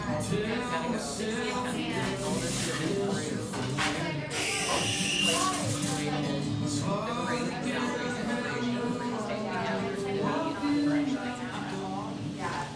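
Café chatter from a small coffee shop, overlapping voices, a brief hiss near four seconds and faint clinks throughout.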